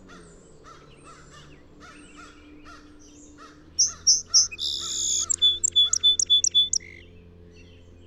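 Song sparrow: crows caw repeatedly at first, then a song sparrow song follows with quick notes, a buzz and a trill of repeated chips.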